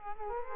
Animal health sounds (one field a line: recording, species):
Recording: mosquito wingbeat signal from an infrared sensor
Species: Culex quinquefasciatus